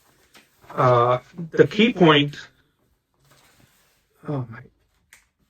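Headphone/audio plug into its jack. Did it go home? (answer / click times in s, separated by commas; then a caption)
yes / 5.1 s. A headphone or audio plug is pushed into its jack and seats with a single sharp click at 5.1 s, after which the audio can be heard better. Before that, someone talks.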